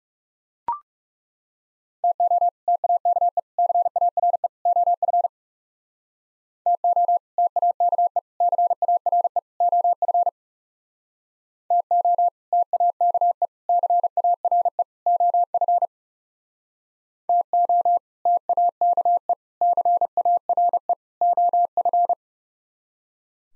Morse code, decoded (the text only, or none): TO TAKE CARE OF TO TAKE CARE OF TO TAKE CARE OF TO TAKE CARE OF